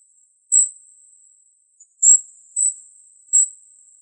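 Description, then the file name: Golden-crowned kinglet calls: very high, thin, hissing notes, one note, then after a pause three more, with near-silent background. Calls, recorded 17 June 2004. "GCKI CALLS 061704. deviche"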